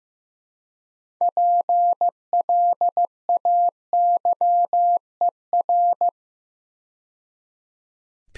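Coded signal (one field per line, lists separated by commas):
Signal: Morse code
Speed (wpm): 15 wpm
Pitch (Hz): 700 Hz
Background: none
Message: PLAYER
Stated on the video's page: Build-a-word copy practice at 15 wpm, with six-letter words sent two letters at a time.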